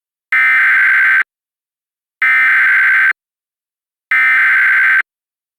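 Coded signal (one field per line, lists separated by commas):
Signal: Emergency Alert System (SAME) tones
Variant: header bursts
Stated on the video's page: Reenactment mock with valid EAS tones, recreating a Tornado Emergency and a Flash Flood Emergency from Mount Holly.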